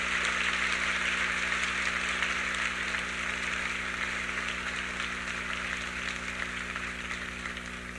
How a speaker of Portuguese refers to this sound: E pode confirmar isso aplaudindo. Afirme, aplauda, confirme. Eu creio na igreja católica.